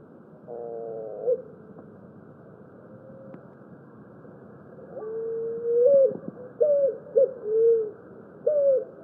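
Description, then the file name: Picazuro pigeon cooing: after a quiet start with a brief buzzy note, low hooting coo phrases begin, rising then dropping, repeated in the second half. "canto do pombao"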